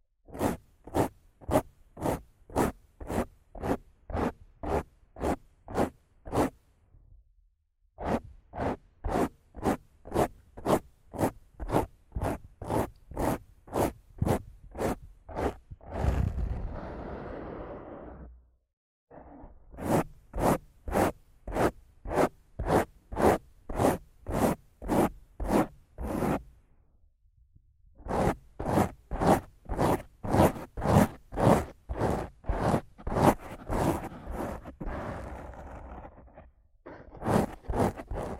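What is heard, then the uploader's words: Mic scratching and brushing in fast, regular strokes, each a sharp rasp bright from low to high, repeating about twice a second in long runs. Brief silences break the runs near 7, 19 and 27 seconds, and a softer, smeared brushing swell fills about 16 to 18 seconds. ASMR Rough Mic Scratching & Brushing (No Talking).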